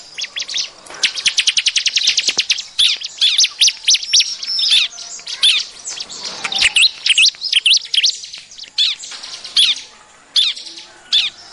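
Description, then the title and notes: Bar-winged prinia chirps: a rapid series of high ticks that opens into lively chirps, with brief pauses near the end. Lure calls used to attract other birds. "BURUNG CIBLEK MANCING LAINNYA. Suara Ciblek Pikat"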